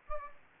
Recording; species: mosquito wingbeat signal from an infrared sensor; Aedes aegypti